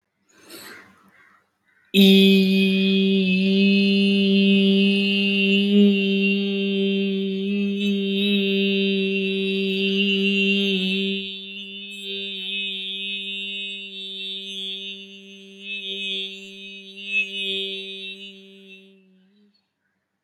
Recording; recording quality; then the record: sustained vowel as in beet; excellent, no background noise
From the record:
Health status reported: healthy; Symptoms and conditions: none ticked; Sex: male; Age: 36 years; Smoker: not ticked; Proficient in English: yes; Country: India